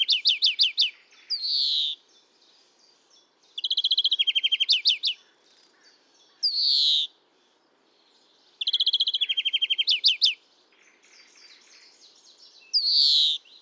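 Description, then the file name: European greenfinch calling, with fast trilled series alternating with buzzy wheezing notes, bursts every few seconds, clear and loud against quiet background. "Chloris chloris"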